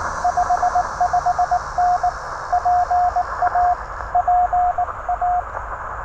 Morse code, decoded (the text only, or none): 55N PA PA